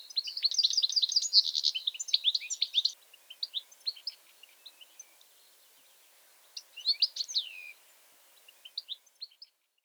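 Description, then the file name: European goldfinch twittering: a dense three-second burst of bright, rapid chirps, then scattered short notes, a brief sweeping flourish near seven seconds, and a few faint chirps before silence. "Carduelis carduelis"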